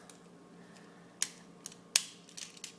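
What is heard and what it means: Plastic chest panels of a Transformers Prime Wheeljack transforming action figure are folded down and pushed until they tab into the torso. Two sharp plastic snaps are heard at 1.2 s and 2.0 s, with fainter clicks after, as the panels seat in place.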